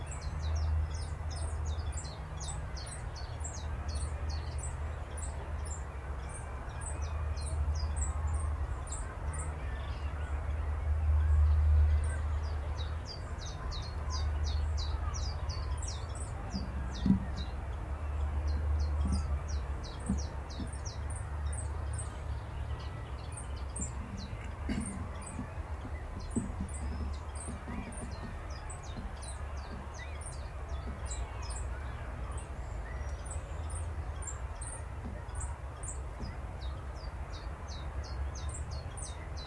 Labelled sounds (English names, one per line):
Willow Warbler